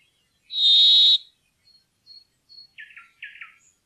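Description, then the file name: Brambling uttering a single harsh, buzzy, drawn-out wheeze, followed by a few soft, short calls. "bjoerkefink"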